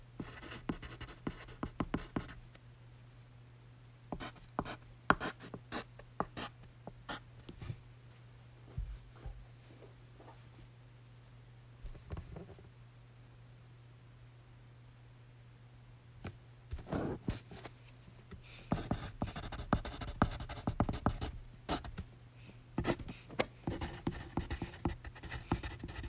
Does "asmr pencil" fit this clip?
yes